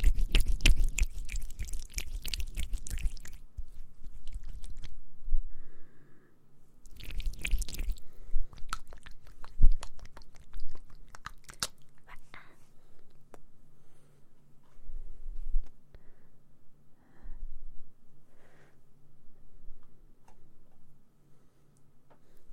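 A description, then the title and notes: Mouth sounds: wet clicks, smacks and soft chewing-like noises scattered irregularly throughout. Two louder bursts of crinkly rustling come at the very start and around seven seconds, and a low steady hum sits underneath. ASMR Mouth Sounds Ear Cleaning.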